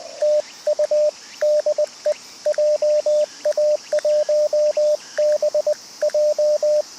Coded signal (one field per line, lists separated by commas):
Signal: Morse code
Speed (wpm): 20 wpm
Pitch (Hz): 600 Hz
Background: radio noise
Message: TU DE JA1BJ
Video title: （再）開局３周年記念 いまだにCW初心者 CQ POTA 20/18WPM HAMRS ログ取り POTA JP-1306 東高根森林公園 2024/09/10 アマチュア無線 VLOG 530